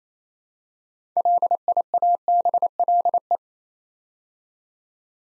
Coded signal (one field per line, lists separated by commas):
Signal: Morse code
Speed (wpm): 27 wpm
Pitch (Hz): 700 Hz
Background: none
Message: LIABLE